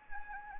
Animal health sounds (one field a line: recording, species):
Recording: mosquito wingbeat signal from an infrared sensor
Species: Anopheles gambiae